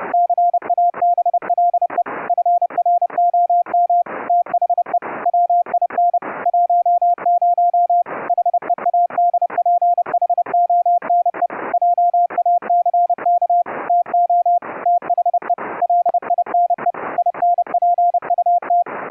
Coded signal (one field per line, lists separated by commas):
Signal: Morse code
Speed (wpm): 30 wpm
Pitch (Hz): 700 Hz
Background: none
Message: CABLE FROM THE WIN 10 HEADPHONE JACK TO THE LINE INPUT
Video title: Remote Rig setup for a Windows 10 laptop to key CW(afcw) on an Elecraft K3S::Raspberry PI interface